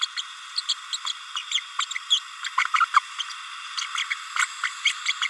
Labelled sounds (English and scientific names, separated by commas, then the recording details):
Green-rumped Parrotlet (Forpus passerinus) babbling
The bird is a female
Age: 30 days
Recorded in a nest box in Venezuela
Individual 17B32A7